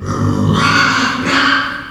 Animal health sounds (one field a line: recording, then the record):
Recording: squeal of a Yucatan mini pig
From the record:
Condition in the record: after surgery on the right vocal fold (resection and tissue-engineered implant)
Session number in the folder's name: 15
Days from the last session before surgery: 175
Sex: female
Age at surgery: 19 weeks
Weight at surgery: 25 kg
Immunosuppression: prednisolone